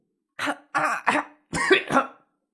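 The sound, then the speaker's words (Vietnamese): A harsh, violent fit of coughing: about five rough, rasping bursts in two quick clusters, loud and strained, with a hoarse throaty edge and no talking. “… ho sặc sụa”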